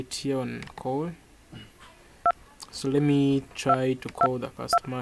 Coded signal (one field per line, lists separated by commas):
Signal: DTMF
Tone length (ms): 70 ms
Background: speech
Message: 2 222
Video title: How to make Phone calls on Pc using a USB Modem